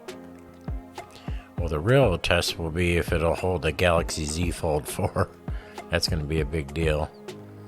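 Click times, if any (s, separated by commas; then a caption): none. The charging panel of an Ampere Unravel 3-in-1 foldable wireless charger (Glow), a magnetic panel to be tested with a Galaxy Z Fold 4, is folded toward its frame while someone talks over background music, with a couple of faint taps near the start. The clip ends before the panel goes home, so nothing has seated or clicked yet.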